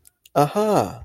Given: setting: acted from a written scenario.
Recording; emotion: vocal sound without words; realization